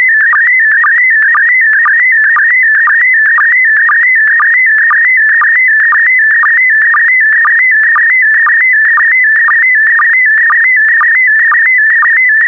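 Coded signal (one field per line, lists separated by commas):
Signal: SSTV (slow-scan television)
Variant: PD120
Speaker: complete. You can now check your decoded image against the picture that is shown on the video.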